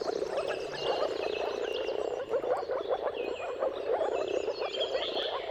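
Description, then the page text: Dense moor frog chorus of low, quick, bubbling pulses, with whistled bird notes and chirps sounding above it. Chorus of mating calls of moor frogs at sunrise, at the turn of March and April depending on the weather, recorded by Jakub Orzecki. "Jakub-Orzecki moor frogs. Dawn’s Chorus: Mating Calls of Marsh Frogs at Sunrise. Depending on the weather at the turn of March and April, you can witness an amazing spectacle of moor frogs"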